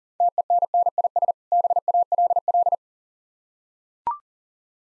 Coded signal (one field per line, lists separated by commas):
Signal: Morse code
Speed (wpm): 40 wpm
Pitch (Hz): 700 Hz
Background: none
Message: TENNIS BALL